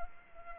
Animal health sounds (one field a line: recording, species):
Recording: mosquito wingbeat signal from an infrared sensor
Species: Culex pipiens